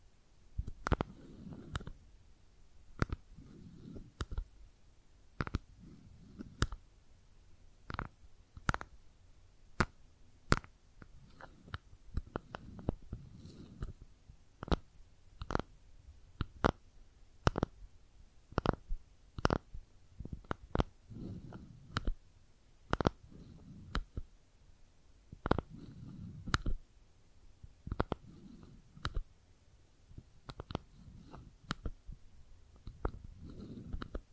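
Makeup tapping and scratching: sharp, bright taps land about once or twice a second throughout, fairly regular but uneven in force. Between them, low muffled rubbing and scratching swells in soft bursts, with a quiet hiss in the gaps.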